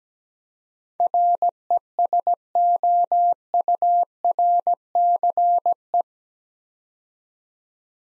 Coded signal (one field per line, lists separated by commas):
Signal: Morse code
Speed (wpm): 17 wpm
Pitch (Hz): 700 Hz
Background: none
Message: RESOURCE